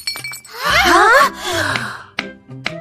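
A strained, wavering vocal groan of effort gives way to two sharp, bright cracks as a tube is smashed, each impact short and punchy with a brief clinking ring.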